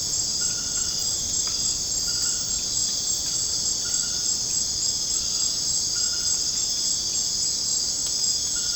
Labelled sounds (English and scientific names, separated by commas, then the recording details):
none
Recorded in dense forest near Puerto Asís, Putumayo, Colombia, on 30 June 2025 at 19:30
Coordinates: 0.486, -76.317
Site G065